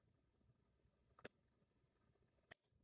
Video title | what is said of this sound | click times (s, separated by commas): making computers easy and simple (beginners lesson) | there you go there you go snap we just installed a gigabyte of ram | 1.3 s, 2.5 s